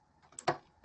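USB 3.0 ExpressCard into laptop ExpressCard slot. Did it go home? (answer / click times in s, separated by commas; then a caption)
yes / 0.5 s. A USB 3.0 ExpressCard is pushed into a laptop's spring-loaded ExpressCard slot, with faint ticks at 0.3 s and 0.4 s before a sharp click at 0.5 s and another loud sound at 0.9 s. On release the card backs out slightly and stays locked, so it is seated.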